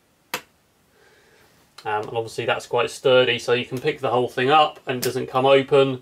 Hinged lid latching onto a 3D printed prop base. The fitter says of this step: that you can put banana skins and beer cans and whatever else inside and then that shuts of a satisfying click and